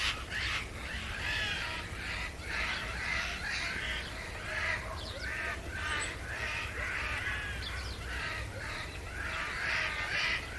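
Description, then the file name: Eurasian jay calling in a long, almost unbroken series of raucous, scratchy bursts for ten seconds, with low steady rumble beneath. "Garrulus glandarius"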